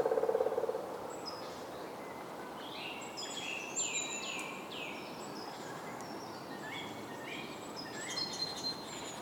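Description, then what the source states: Birds giving several high, falling slurred calls in the middle, followed by softer scattered chirps, against continuous rushing background noise. Soundscape.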